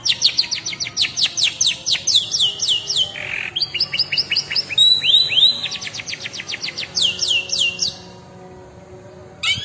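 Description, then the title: Long-tailed shrike song: rapid series of sharp descending whistled notes, varied phrases with buzzy bursts and chattering runs, pausing near the end before resuming. Combination song style. "Cendet Kombinasi"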